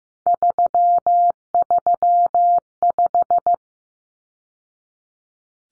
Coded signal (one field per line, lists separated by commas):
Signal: Morse code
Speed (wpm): 15 wpm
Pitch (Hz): 700 Hz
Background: none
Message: 335